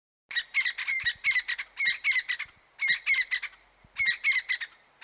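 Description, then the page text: Crested francolin giving a steady run of loud, harsh, scratchy rattling phrases, each following the last after only a brief gap. "Рінгтон Crested Francolin на MELOBOOM"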